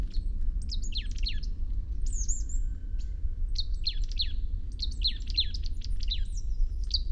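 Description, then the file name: Marsh tit calls: sharp, high, downslurred notes in quick clusters, repeating throughout over low background noise. "Poecile palustris"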